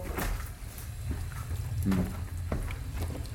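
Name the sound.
running water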